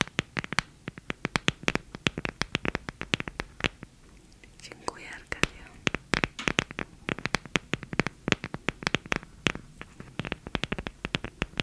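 Fast tapping on small objects, with sharp crisp clicks in quick irregular runs through most of the clip. Around the middle, roughly four to six seconds in, the tapping thins out and a soft rustle or faint whisper takes over before the tapping resumes.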